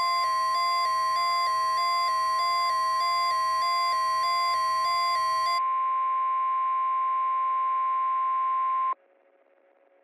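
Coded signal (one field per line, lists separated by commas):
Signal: Emergency Alert System (SAME) tones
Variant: 1050 Hz attention tone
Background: music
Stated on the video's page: Simulated EAS tones in a fictional hurricane scenario remaking an earlier scenario loosely based on Resident Evil 7.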